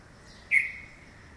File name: Pycnonotus cafer - Red-vented Bulbul